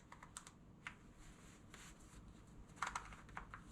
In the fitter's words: And you can hear it click. So I'm going to try and be quiet.